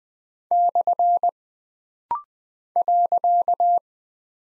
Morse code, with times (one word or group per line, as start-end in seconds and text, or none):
0.5-1.3 /
2.8-3.8 .